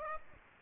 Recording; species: mosquito wingbeat signal from an infrared sensor; Aedes aegypti